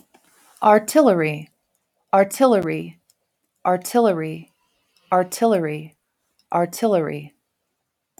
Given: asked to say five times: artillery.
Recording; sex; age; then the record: repeated word; female; 40 to 49 years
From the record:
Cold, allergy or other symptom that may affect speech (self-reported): no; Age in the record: 45 years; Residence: New Mexico, United States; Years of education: 18